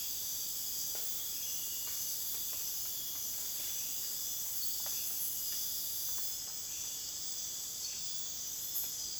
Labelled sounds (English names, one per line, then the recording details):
none
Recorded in dense forest near Puerto Asís, Putumayo, Colombia, on 29 June 2025 at 03:30
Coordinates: 0.484, -76.325
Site H65